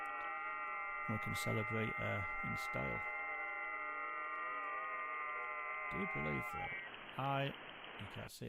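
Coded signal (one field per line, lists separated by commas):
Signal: FT8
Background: speech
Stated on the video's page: FT8 via WSJT-X, hunting European stations, recorded from a livestream.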